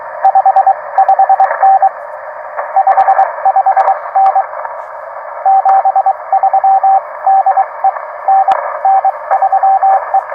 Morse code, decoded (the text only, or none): 55N 55N 73 DE NN3E